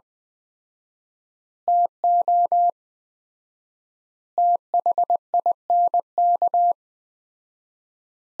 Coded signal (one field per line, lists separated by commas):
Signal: Morse code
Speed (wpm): 20 wpm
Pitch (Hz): 700 Hz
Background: none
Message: TO THINK